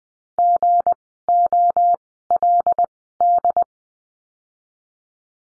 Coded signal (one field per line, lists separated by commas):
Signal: Morse code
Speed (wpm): 20 wpm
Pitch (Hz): 700 Hz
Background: none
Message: GOLD